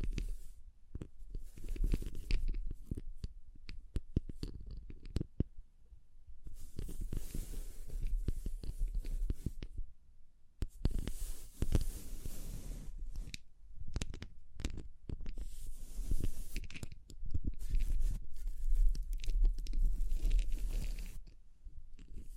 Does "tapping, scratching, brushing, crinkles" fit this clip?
yes